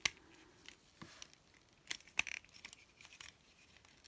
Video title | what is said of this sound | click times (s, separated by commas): Voyager Class Rhinox Review - Transformers Rise of the Beasts | And sometimes it gives me trouble, but there we go. So that's clicked into place there. | 2.2 s